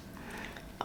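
On a second try to make the click easier to hear, the round clasp piece of a gold Hermès Kelly Gourmette bracelet is pressed into the bracelet's turn-lock clasp. A faint, low-level background gives way to a single sharp, short click at 0.8 s. The clasp clicks shut and is seated.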